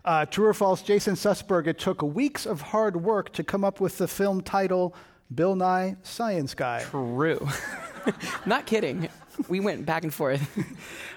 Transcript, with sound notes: True or false. Jason Sussberg. It took weeks of hard work to come up with the film title, Bill Nye: Science Guy.
True.
[Laughter]
Not kidding. We went back and forth.